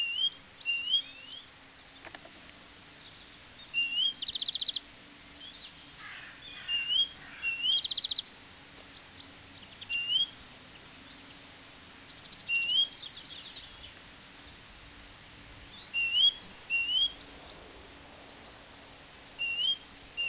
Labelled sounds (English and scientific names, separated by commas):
Great Tit (Parus major) song